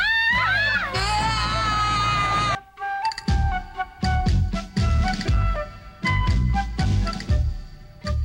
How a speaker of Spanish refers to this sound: Los gritos de esas muchachas se oyen más bellos que el sonido de cualquier instrumento musical.